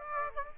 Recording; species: mosquito wingbeat signal from an infrared sensor; Aedes aegypti